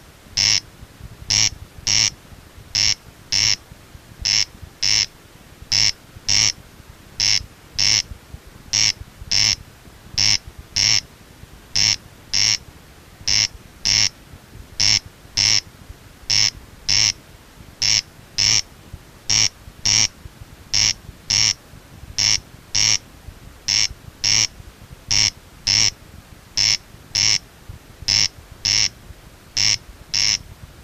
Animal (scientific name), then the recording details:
Crex crex. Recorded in the wild. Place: Nieder-Ofleiden, DE. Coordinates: 50.7581, 8.97444. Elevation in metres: 220. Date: 1964-05-25 23:30. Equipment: Uher Report 4000, AKG D190. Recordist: Krey, Winfried